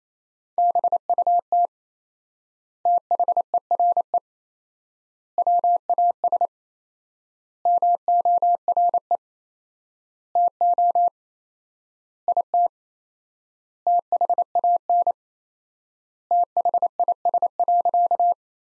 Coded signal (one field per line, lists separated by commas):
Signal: Morse code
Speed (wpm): 28 wpm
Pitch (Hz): 700 Hz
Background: none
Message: BUT THERE WAS MORE TO IT THAN THIS.